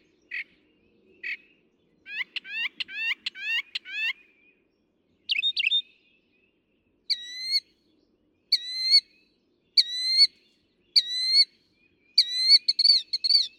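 Northern mockingbird singing varied phrases: a few short notes, then rapid slurred whistles, then clear whistles repeated roughly every 1.3 seconds, each phrase type changing after several repeats.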